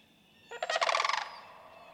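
Sandhill crane giving one short, rattling, pulsed trumpet note lasting under a second.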